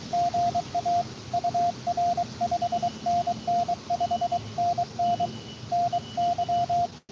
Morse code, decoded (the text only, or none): GA UR 5NN 5NN NY